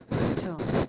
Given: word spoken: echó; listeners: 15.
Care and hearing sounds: one Spanish word in noise, from a listening test; noise modulated by one talker; -9.1 dB; 1 of 15; 6 of 15; 0.49 s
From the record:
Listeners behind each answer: 6, 2, 1, 1, 1, 1, 1, 1, 1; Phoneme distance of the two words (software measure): 17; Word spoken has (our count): 2 syllables, 3 phonemes, stress on syllable 2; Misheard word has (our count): 2 syllables, 4 phonemes, stress on syllable 1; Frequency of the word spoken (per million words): 22.82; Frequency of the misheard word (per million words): 3.00

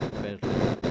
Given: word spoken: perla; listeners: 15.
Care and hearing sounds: one Spanish word in noise, from a listening test; noise modulated by one talker; -11.4 dB; 1 of 15; 14 of 15; 0.51 s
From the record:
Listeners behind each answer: 14, 1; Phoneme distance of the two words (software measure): 27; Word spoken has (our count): 2 syllables, 5 phonemes, stress on syllable 1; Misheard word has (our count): 2 syllables, 4 phonemes, stress on syllable 1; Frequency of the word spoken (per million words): 5.95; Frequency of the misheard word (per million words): 44.48

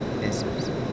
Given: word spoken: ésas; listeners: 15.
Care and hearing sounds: one Spanish word in noise, from a listening test; speech-shaped noise; -6.7 dB; 1 of 15; 9 of 15; 0.52 s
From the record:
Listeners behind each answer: 9, 3, 1, 1, 1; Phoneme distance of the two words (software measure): 7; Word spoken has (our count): 2 syllables, 4 phonemes, stress on syllable 1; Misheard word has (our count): 2 syllables, 5 phonemes, stress on syllable 1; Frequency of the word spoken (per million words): 6.50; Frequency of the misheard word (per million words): 21.95

